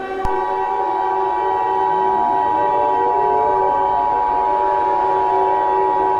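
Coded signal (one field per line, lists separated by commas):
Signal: Emergency Alert System (SAME) tones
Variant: 853 and 960 Hz attention tone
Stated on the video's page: Fictional EAS scenario using valid EAS tones.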